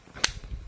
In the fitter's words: boom like that clicks in place it's in there nice and solid